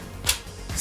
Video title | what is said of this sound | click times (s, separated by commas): Barbie Pizza Chef Doll & Play Set PLUS Barbie Bakery Chef Doll & Play Set | place it back inside, put on the top until it clicks, slide | 0.3 s